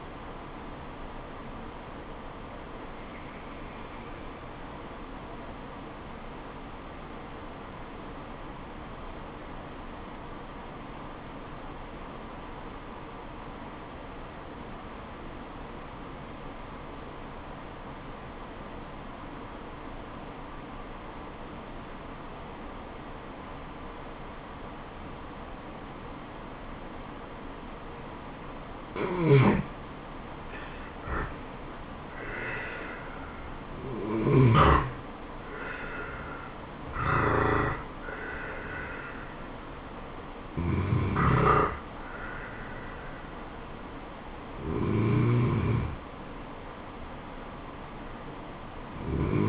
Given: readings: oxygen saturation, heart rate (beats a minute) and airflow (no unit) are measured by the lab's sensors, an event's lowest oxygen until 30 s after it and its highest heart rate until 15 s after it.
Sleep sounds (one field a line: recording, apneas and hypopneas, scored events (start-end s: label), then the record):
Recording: breathing in sleep by a voice recorder at the bedside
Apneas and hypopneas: 1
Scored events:
3.00-30.60 s: obstructive apnea (N1, oxygen 96% highest, then 86% lowest, heart rate 69 at the start, 81 highest)
30.00-49.49 s: new sleep stage, N2 (light sleep)
From the record:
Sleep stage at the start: N1 (lightest sleep)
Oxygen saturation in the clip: 82 to 96%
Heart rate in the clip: 67 to 81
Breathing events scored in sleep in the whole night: 426 in 7.4 hours asleep